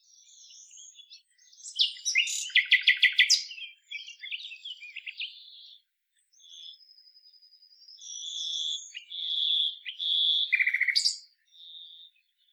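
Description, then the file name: Common nightingale song with varied phrases: a loud rapid rattle of clicking notes, soft warbles, a thin sustained whistle, then rich fluty phrases and a quick chattering ending. "Luscinia megarhynchos"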